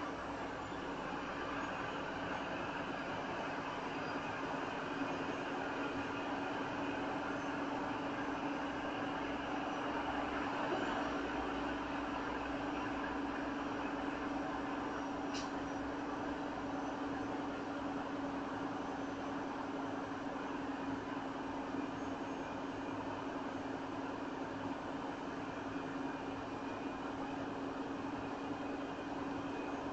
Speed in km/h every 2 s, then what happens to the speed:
31, 32, 32, 32, 32, 32, 32, 32, 32, 32, 32, 32, 31, 32, 32.
0-30 steady at about 32.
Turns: none.